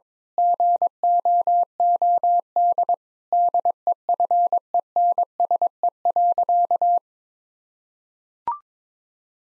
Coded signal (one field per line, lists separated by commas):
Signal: Morse code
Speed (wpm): 21 wpm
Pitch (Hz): 700 Hz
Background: none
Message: GOOD DEFENSE.